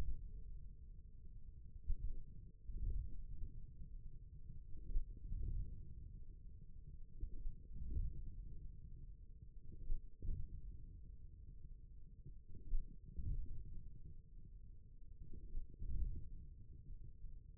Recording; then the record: forearm muscle sounds (acoustic myography)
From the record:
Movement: wrist flexion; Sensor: system 1, eight BSWA MPA416 microphones around the upper forearm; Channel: 2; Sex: male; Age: 41 years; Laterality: right